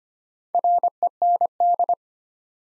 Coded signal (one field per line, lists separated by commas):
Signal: Morse code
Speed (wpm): 25 wpm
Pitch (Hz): 700 Hz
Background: none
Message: REND